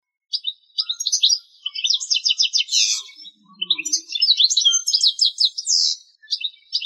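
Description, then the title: Bird song, a fast high warbling stream of rapid trills and chirps, phrases broken by brief pauses, with a few softer twitters in between. "LuckyPassaros CompletosSama"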